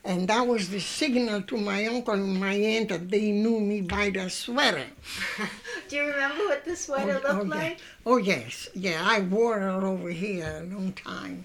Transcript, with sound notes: And that was the signal to my uncle and my aunt that they knew me by the sweater. ( they laugh )
Do you remember what the sweater looked like?
Oh, yes, yeah. I wore it over here a long time.